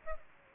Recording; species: mosquito wingbeat signal from an infrared sensor; Aedes aegypti